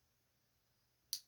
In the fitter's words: and under the leaf spring until you feel the thread click into place now you have tension on your lower thread